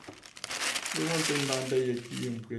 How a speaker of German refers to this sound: João Rato blättert in einem großen alten Fotoalbum.